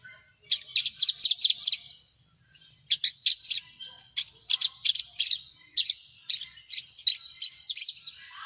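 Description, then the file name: Javan bush lark song, series of sharp high chirps in quick clusters, several per second, with a pause and then more spaced notes. "suara burung branjangan jawa"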